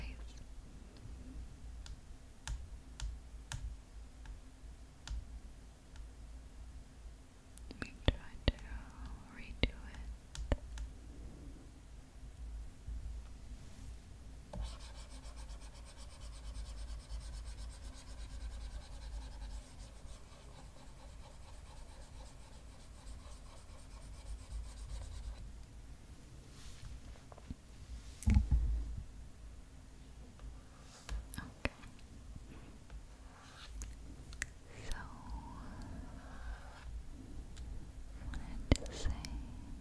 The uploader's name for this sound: Makeup Application on Tablet